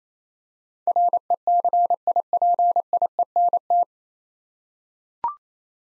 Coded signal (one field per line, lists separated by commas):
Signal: Morse code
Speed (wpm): 27 wpm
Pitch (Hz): 700 Hz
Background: none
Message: RECIPIENT